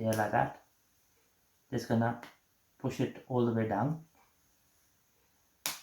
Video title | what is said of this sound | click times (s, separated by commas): How to Change the Key Fob Remote Battery on Honda Jazz, Fit, Civic, HRV, CRV, Accord, Legend. Acura. | There we go. There's the click. | 5.7 s